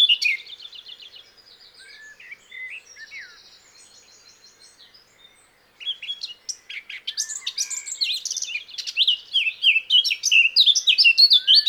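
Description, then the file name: Eurasian blackcap singing: a soft, scratchy chattering warble that pauses briefly, then bursts into a loud, fast, varied run of high twittering notes. "Sylvia atricapilla"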